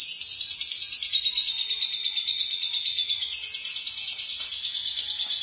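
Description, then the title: Lovebird song: a dense, fast, buzzy chattering trill that slides slightly lower in pitch, then continues steadily. "BM Suara Burung Lovebird"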